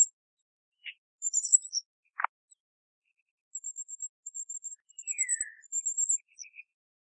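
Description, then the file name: Philippine hanging parrot calls: rapid strings of shrill, very high ticking notes, joined by a separate sharp click and a lower descending whistled note. "colasisi"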